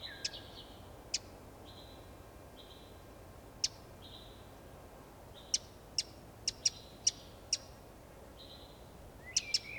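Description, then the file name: Eurasian wren, sparse sharp ticks that come more often in the second half, with soft flat whistles between them. "Troglodytes troglodytes"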